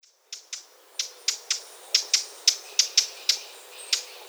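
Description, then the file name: Eurasian blackcap giving hard, clicking tack calls in a quick, uneven series. "Sylvia atricapilla"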